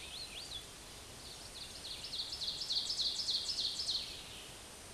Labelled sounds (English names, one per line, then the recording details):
Ovenbird song
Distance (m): 25 m
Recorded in a Pennsylvania forest on 17 May 2023 at 13:40
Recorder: AudioMoth, point grid1_12_low
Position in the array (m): 170 m, 88 m